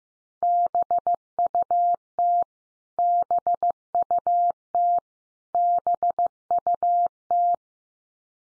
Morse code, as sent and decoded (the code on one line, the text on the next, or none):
-... ..- - / -... ..- - / -... ..- -
BUT BUT BUT